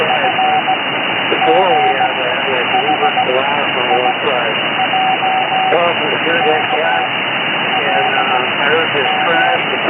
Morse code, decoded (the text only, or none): F G H I J K L M